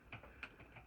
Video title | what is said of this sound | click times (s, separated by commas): Rheem preferred 32,000 Grain water softener w/Sharkbite connectors install | you want to get it in there so it clicks once you hear it click like it did you're going to go and get your | 0.1 s, 0.4 s